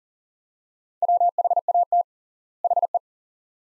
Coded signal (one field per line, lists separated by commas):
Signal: Morse code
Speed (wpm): 39 wpm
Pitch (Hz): 700 Hz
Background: none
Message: WHAT HE